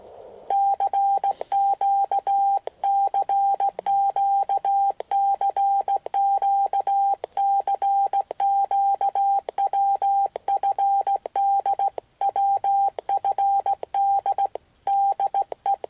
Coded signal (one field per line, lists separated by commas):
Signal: Morse code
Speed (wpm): 17 wpm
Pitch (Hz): 790 Hz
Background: none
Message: CQ CQ CQ CQ WFD WFD DE